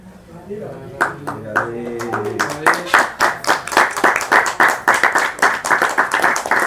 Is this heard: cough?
no